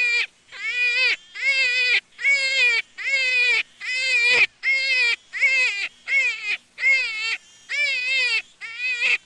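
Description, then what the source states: Jackrabbit crying: about a dozen loud, harmonic, wavering squeals, each about half a second, repeated a little faster than once a second with short silent gaps. Juvenile.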